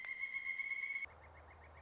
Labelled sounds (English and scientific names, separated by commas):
Pileated Woodpecker (Dryocopus pileatus)